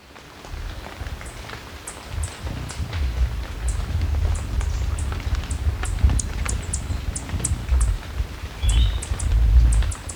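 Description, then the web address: Chestnut-breasted Coronet repeating high, thin tick notes about twice a second throughout, over a steady low rumble, with a brief faint twitter near the end. Recorded in Ecuador, South America. "Birds of Ecuador. Chestnut-Breasted Coronet"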